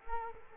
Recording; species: mosquito wingbeat signal from an infrared sensor; Culex quinquefasciatus